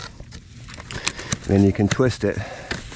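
A corrugated plastic drain pipe end is squeezed tight and twisted into a homemade pipe coupling. Crinkly plastic handling noises and sharp ticks are heard while someone talks. Nothing has seated or clicked yet at the end of the clip.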